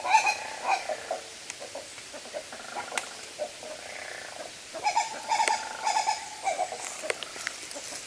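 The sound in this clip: Bird call with quick, repeated clipped notes, heard in short bursts at the start and again later, against steady background hiss and occasional clicks.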